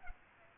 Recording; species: mosquito wingbeat signal from an infrared sensor; Culex pipiens